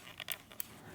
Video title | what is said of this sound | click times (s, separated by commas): Review: 3M MP220 Pico Projector | it goes right in here, just like so, when it snaps into place. | 0.6 s